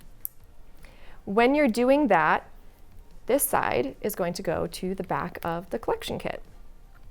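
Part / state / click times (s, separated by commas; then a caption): breast pump tubing into collection kit port / not seated / none. Plastic tubing for a BabyBuddha 2.0 breast pump is handled near the port at the back of the collection kit while someone talks, with a few faint handling ticks and a sharper tap near 0.3 s. The tubing end has not been pushed home yet, and nothing has seated or clicked.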